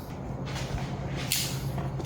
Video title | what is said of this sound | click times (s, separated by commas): Is THIS the ULTIMATE engine air filter for the Giulia Quadrifoglio? | As you squeeze it tighter, you're going to hear when it clicks into place. | 1.3 s